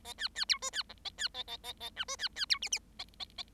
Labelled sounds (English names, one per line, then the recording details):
Bengalese Finch song
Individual Bird7